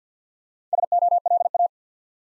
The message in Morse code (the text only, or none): SOLA